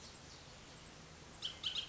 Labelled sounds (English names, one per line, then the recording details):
Bullock's Oriole
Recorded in Sonoma County, California